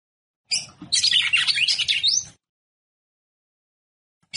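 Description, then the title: Red-cowled cardinal giving an almost two-second run of rapid, scratchy high notes that ends in a rising whistled slur. Female red-cowled cardinal, described as "batendo fogo". "Canto Galo De Campina. Fêmea De Galo De Campina Batendo Fogo"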